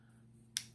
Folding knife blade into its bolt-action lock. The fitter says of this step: back then it locks in place